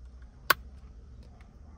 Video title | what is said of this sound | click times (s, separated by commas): Cara Pasang Android Player Proton Saga VVT | Pastikan dia sampai ada bunyi klek | 0.5 s